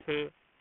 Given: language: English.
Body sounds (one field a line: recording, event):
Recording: throat vibration sensor signal played as sound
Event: speech